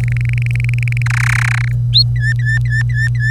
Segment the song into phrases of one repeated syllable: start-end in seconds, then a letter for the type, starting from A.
0.00-1.02 A, 1.06-1.72 B, 2.16-3.31 C